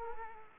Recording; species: mosquito wingbeat signal from an infrared sensor; Culex quinquefasciatus